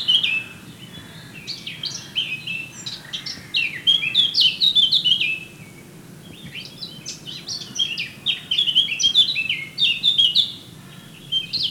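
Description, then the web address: Eurasian blackcap delivering two long, tumbling warbled phrases of rapid chirps and clear whistles, with a quiet pause between. "SETE data Sylvia atricapilla"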